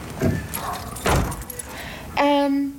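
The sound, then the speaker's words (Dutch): A couple of sharp metallic clunks and a jingle of keys in a lock, followed by a short, drawn-out tonal creak as a door swings open to let a dog through. “Ik zal de deur voor jou open doen en dan lopen wij achter jou aan.”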